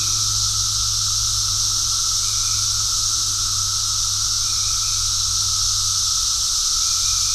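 Cicadas producing an unbroken sizzling drone, a steady thin whine below it, a few short faint chirps, and a low humming rumble throughout.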